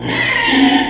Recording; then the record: squeal of a Yucatan mini pig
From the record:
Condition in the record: before surgery on the right vocal fold (resection and tissue-engineered implant); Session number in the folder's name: 2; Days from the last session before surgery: 0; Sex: male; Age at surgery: 12 weeks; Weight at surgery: 13 kg